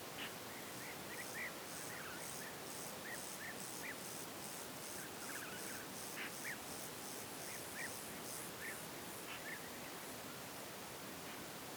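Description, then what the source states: Bird calls: many brief chirps scattered throughout over a strong steady hiss, with rapid high pulsing in the background. Birds in a field, given as background ambience.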